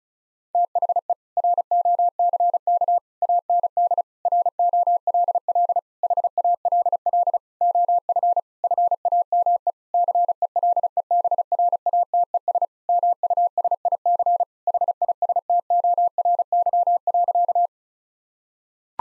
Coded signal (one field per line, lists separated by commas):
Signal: Morse code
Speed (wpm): 36 wpm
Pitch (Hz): 700 Hz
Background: none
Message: THE ROCK AND ROLL HALL OF FAME CELEBRATES MUSIC HISTORY.